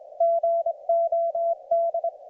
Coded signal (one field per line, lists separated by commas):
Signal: Morse code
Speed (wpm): 25 wpm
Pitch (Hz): 690 Hz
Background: none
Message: GOD